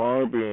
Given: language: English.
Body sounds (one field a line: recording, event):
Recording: throat vibration sensor signal played as sound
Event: speech